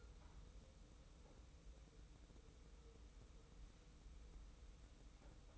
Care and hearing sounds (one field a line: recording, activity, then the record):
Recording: daily activity, microphone in the room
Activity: wipe stove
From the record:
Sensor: 1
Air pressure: 990.5 hPa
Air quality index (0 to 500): 173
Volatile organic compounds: 1000 ppm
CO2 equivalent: 6370 ppm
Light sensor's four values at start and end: 32/74/31/34 and 32/74/31/34